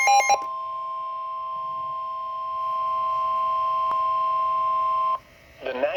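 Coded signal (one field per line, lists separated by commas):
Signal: Emergency Alert System (SAME) tones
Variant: 1050 Hz attention tone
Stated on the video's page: Flash flood warning received on weather radio.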